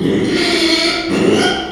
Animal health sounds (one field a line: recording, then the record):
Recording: squeal of a Yucatan mini pig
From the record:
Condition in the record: after surgery on the right vocal fold (resection and tissue-engineered implant)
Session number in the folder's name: 2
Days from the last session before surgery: 13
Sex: male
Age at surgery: 12 weeks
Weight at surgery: 13 kg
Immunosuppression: cyclosporine, prednisolone